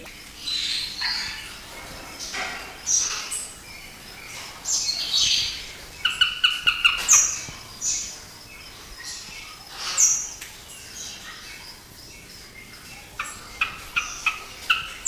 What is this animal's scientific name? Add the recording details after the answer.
Merops nubicus. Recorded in captivity. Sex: group. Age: adult. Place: Tierpark Carl Hagenbeck, Hamburg, DE. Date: 2000-11-26 15:14. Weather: wolkig, 5-6°C. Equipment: Nagra SN, Kopie Uher 4000 Report Monitor. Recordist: Tembrock, Günter